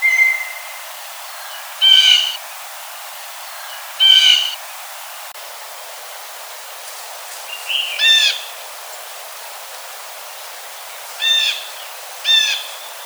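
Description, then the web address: Blue jay giving several harsh, nasal calls spaced throughout, with a brief thin whistle at the start; quiet background otherwise. Recorded on 4 January 2007. "Blue Jay 2007 01 04"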